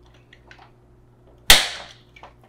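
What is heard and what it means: A wedge tool lifts and pops the hard plastic middle bracket of a SNOO bassinet's mesh over the hooks in the bassinet base. After a few faint small taps, a sharp, loud click rings out at 1.5 s and decays quickly. The clip is seated in the hook.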